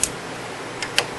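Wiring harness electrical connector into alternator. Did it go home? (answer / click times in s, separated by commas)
yes / 1.0 s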